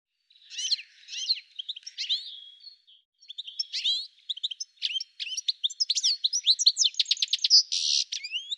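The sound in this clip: Bird song: a long, fast chattering run of varied high chirps, trills and sweeping notes, growing denser and ending in buzzy bursts.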